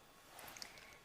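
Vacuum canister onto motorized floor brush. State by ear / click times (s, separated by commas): seated / 0.6 s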